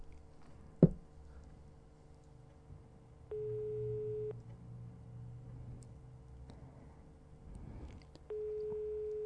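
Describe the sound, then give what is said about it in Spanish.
An outgoing phone call, placed at random to a home, rings out unanswered: two steady, mid-pitched ringback tones about a second long, separated by a few seconds of low line hiss, after a sharp click at the start. “Si te suena el teléfono, somos nosotros.”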